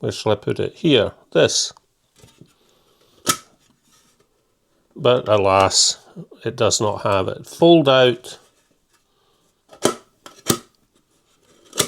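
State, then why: Seated. Someone talks, then folds out the metal pot supports of a Swedish Sepil alcohol stove one after another, each snapping into its locked position with sharp clicks at 9.9 s, 10.5 s and 11.8 s. The supports lock into place very well and sit very wide.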